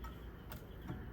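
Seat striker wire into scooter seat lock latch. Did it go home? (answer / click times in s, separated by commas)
no / none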